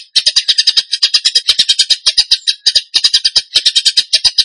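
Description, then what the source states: Bird song: busy, rasping chatter of rapid high notes, pouring out with only brief gaps. Masteran training recording; song in the tembakan gacor style.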